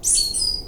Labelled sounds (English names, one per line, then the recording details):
Stitchbird song
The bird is a male
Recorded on Tiritiri Matangi Island, New Zealand, in 2005
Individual 17, of nest box 25